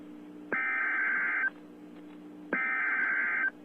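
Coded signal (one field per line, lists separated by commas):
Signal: Emergency Alert System (SAME) tones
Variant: header bursts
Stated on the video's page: Real fire warning EAS alert.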